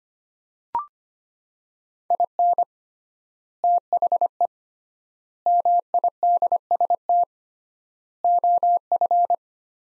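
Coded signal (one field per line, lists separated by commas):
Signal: Morse code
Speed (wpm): 25 wpm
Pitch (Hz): 700 Hz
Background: none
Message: IN THE MIDST OF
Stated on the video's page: Morse practice at 25 wpm, sets of five words with 3x word spacing, a Farnsworth-like method.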